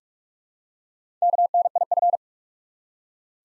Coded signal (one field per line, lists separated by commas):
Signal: Morse code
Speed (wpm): 44 wpm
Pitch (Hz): 700 Hz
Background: none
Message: KNIF